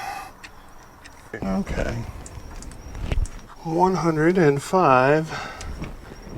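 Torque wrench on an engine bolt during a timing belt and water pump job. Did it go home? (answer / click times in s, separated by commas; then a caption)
yes / 5.8 s. A click-type torque wrench set to 105 inch-pounds tightens a bolt on the engine of a 2010 Dodge Charger 3.5L V6 during a timing belt, water pump and thermostat replacement. Someone talks, then the wrench gives a short click as it breaks over at 5.8 s, confirming the bolt reached the set torque.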